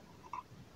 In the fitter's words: accordingly, supposedly click into place. Then the FDD is considered to be in place.